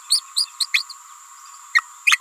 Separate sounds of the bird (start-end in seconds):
0.09-0.22, 0.36-0.47, 0.60-0.67, 0.73-0.84, 0.89-0.94, 1.74-1.82, 2.06-2.19